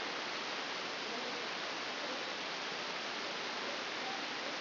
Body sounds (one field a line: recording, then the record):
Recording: brain microelectrode recording played as sound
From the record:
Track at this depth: outside the subthalamic nucleus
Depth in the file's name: 9.104 mm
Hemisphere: left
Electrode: 2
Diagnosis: Parkinson's disease